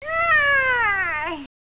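Mink giving one drawn-out whining squeal lasting about one and a half seconds, slowly falling in pitch with a wavering end, nothing else heard.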